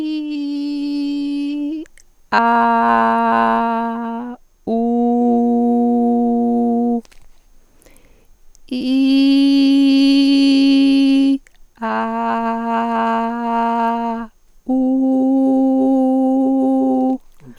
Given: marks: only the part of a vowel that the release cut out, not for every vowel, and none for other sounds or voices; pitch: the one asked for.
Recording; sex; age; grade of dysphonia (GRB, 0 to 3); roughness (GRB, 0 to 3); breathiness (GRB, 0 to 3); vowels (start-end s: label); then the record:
sustained vowels; female; 50 to 59 years; 2; 0; 0
0.00-1.51 s: vowel /i/, normal pitch
2.95-3.90 s: vowel /a/, normal pitch
4.85-6.79 s: vowel /u/, normal pitch
9.11-11.18 s: vowel /i/, high pitch
11.95-13.98 s: vowel /a/, high pitch
15.02-17.00 s: vowel /u/, high pitch
From the record:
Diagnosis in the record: hyperfunctional dysphonia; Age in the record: 58 years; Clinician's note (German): Hyperfunktionelle Dysphonie